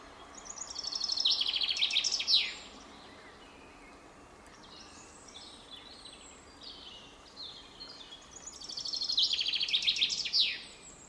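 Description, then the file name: Chaffinch singing twice, each phrase a rattling trill that drops in pitch and closes with a sharp flourish, separated by a pause with soft bird notes over steady low background noise. "Fringilla coelebs"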